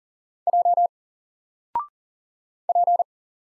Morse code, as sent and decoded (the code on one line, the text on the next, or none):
.--- / .--.
J P